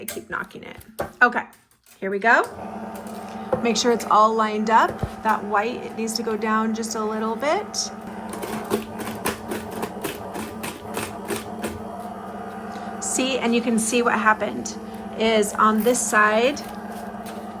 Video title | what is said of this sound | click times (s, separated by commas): How I Bind My Homeschool Curriculum - Binding Machine, Tools & Tips | it didn't catch. | none